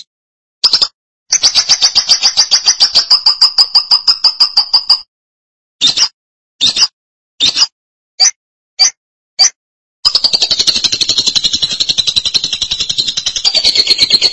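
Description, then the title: Lovebird song with a long rapid buzzy chatter, a series of single sharp chirps, then another dense run of fast pulses. "BM Suara Burung Lovebird"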